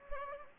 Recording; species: mosquito wingbeat signal from an infrared sensor; Anopheles gambiae